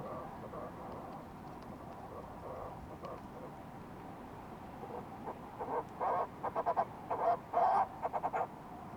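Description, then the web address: Fulmar prion calls: quiet grating notes early on, then a run of loud, rough, stuttering bursts in the second half, over constant background hiss. "sound fulmar-prion. صدای-پرنده-پریان-بدبو"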